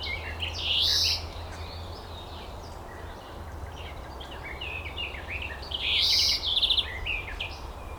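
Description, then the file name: European greenfinch calls: two prominent buzzy wheezes several seconds apart, the second ending in a short trill, between scattered high chirps and steady low hum. "Chloris chloris"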